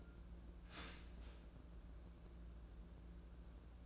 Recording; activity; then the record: daily activity, microphone in the room; start toaster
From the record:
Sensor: 2